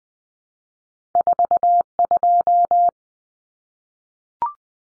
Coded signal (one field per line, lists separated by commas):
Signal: Morse code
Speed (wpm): 20 wpm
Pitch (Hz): 700 Hz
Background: none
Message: 42